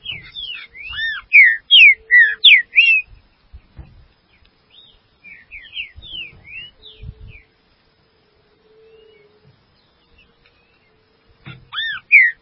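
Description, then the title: Green-winged saltator song, a quick burst of rich descending and arched whistles, then quieter scattered notes, knocks and a faint hum, with the whistles returning at the end. "Trinca Ferro"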